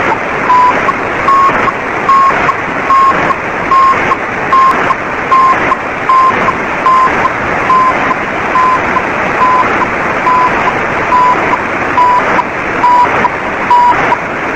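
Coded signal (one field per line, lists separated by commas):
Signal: radiosonde or satellite telemetry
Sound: loud hiss with regularly repeating short and long beeps around 1 kHz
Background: radio static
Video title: CAPE-1 Telemetry Signal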